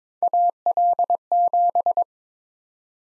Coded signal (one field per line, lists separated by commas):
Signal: Morse code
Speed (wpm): 23 wpm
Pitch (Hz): 700 Hz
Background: none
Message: AL7